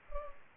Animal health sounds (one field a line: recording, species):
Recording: mosquito wingbeat signal from an infrared sensor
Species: Culex pipiens